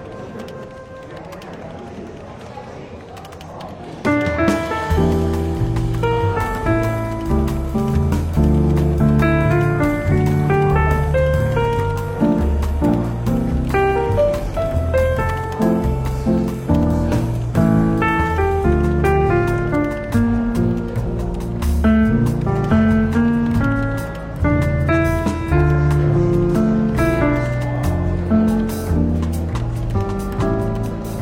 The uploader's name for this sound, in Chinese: 伦敦书店咖啡馆轻微喧闹氛围与柔和轻松的爵士背景音乐